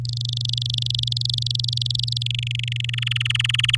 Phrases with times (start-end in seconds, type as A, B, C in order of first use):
0.05-2.23 A, 2.26-2.85 B, 2.89-3.76 C